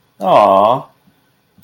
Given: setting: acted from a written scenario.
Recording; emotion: vocal sound without words; adoration